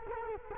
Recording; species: mosquito wingbeat signal from an infrared sensor; Culex quinquefasciatus